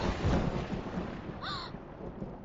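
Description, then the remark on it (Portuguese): Steady, dense rain hiss with a deep rolling rumble of thunder underneath, and a brief high chirp about midway through; no one speaks. “Esconde-esconde e na chuva. Que chuva?”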